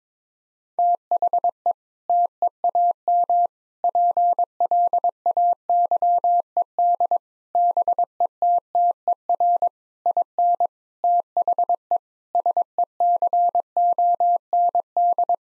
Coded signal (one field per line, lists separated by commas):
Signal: Morse code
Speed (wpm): 22 wpm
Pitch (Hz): 700 Hz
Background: none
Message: THE TEAM PLAYED BETTER IN THE SECOND